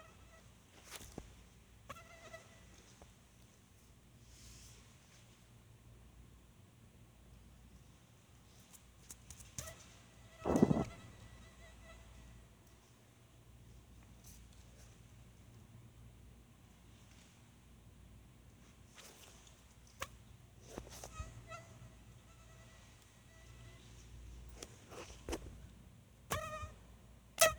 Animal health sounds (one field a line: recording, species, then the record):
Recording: mosquito flight sound by mobile phone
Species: Anopheles farauti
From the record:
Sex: female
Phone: Sony Xperia